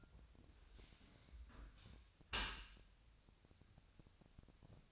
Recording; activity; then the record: daily activity, microphone in the room; close dishwasher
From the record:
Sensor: 2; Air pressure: 1006.6 hPa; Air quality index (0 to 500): 201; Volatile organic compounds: 14 ppm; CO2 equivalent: 2461 ppm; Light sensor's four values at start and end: 9/22/9/9 and 9/22/9/9